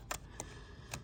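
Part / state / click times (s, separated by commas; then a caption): wiring connector onto camshaft position sensor / not seated / none. A wiring connector is being handled at the new right intake cam phase speed position sensor on a Ferrari FF V12, during sensor replacement. Three short, light ticks occur around 0.1, 0.4 and 0.9 seconds over a quiet background. The connector has not seated or clicked yet.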